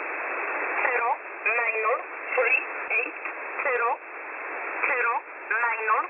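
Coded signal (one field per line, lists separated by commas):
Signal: numbers station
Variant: E11a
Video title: E11a Message 23/12/2022 0820 UTC 5149kHz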